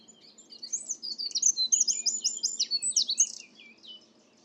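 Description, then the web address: Bird song, a quick high tumbling phrase of varied chirps and slurred notes lasting about three seconds. "cianscape birddata Deverinetal 2025"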